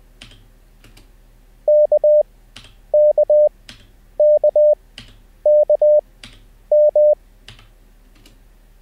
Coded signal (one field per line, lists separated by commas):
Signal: Morse code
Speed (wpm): 20 wpm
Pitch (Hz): 600 Hz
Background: none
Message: K K K K M